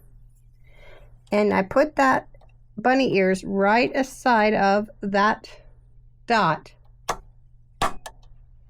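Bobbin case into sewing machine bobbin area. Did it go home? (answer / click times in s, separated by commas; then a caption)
yes / 7.1 s, 8.1 s. A bobbin in its case is pushed into the bobbin area of a sashiko sewing machine, with the case's bunny-ear tabs lined up beside a dot, while someone talks. After the talking, sharp clicks sound at 7.1 s and 8.1 s as the bobbin case seats into the machine.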